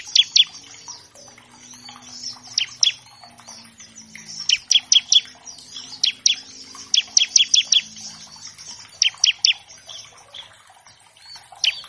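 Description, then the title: Bar-winged Prinia song: bursts of two to four sharp, high chips repeated every second or two, over a steady bed of soft twittering. Master track of an actively singing (gacor) ciblek, used as a lure to train captive birds of all kinds and prompt them to sing quickly. "Masteran Ciblek Gacor Vs Kenari Gacor Untuk Masteran Semua Jenis Burung. Pancingan Ciblek bahan agar cepat bunyi. Burung Ciblek"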